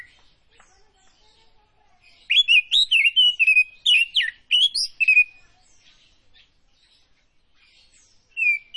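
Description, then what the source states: Oriental magpie-robin delivering a three-second run of jumbled whistles and chirps, then quiet, ending with one short whistled note. Kacer Tretes type, singing prolifically (gacor).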